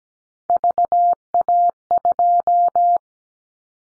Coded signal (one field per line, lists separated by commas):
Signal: Morse code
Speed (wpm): 17 wpm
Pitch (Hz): 700 Hz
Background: none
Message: VA2